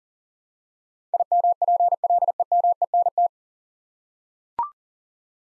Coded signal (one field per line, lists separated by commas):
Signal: Morse code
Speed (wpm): 39 wpm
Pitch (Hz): 700 Hz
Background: none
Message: IMPLEMENT